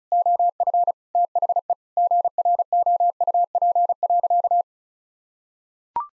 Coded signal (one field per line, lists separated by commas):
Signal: Morse code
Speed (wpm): 34 wpm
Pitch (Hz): 700 Hz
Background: none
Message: OF THE GROUP.